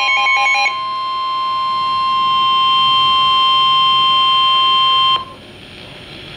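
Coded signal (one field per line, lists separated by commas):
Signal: Emergency Alert System (SAME) tones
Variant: 1050 Hz attention tone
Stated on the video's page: Severe thunderstorm warning alert.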